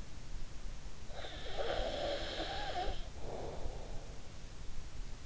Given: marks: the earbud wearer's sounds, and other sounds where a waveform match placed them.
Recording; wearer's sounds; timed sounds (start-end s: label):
sounds in sleep by an in-ear microphone; snoring breath
0.96-4.28 s: snoring breath